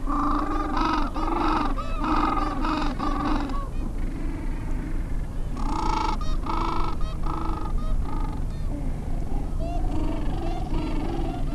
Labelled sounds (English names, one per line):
Gentoo Penguin